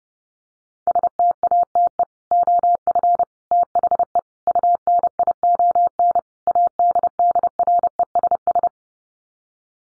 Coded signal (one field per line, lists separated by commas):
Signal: Morse code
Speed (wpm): 30 wpm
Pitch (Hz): 700 Hz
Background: none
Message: STATE OF THE UNION ADDRESS